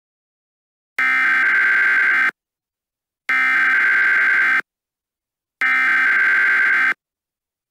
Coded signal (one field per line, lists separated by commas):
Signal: Emergency Alert System (SAME) tones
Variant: header bursts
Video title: EAS Scenario #3: Angry Munci